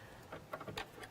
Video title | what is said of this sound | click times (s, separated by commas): The Craft Store UK Live on YouTube! | that's nice that would then just lock into place nice and easy the plate would then just come across | 0.8 s